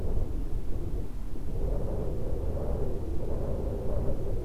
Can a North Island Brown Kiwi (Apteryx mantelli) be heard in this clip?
no